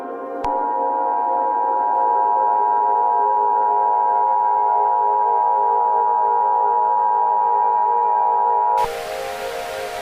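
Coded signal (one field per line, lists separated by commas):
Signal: Emergency Alert System (SAME) tones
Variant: 853 and 960 Hz attention tone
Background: music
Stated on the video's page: Self-made fictional EAS scenario.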